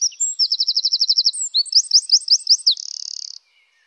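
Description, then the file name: Eurasian wren song: a loud, high, rapid trill of evenly spaced notes, then quicker slurred phrases, ending in a dense buzzy rattle before falling silent. "troglodyte"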